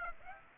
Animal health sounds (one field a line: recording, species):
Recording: mosquito wingbeat signal from an infrared sensor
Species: Aedes aegypti